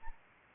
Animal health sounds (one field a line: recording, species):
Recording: mosquito wingbeat signal from an infrared sensor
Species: Anopheles gambiae